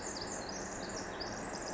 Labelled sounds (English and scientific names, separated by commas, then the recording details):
Pacific Wren (Troglodytes pacificus)
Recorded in Sonoma County, California